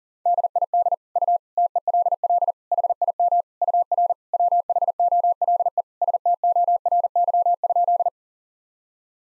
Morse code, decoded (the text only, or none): DID U TELL HIM UR WHOLE STORY?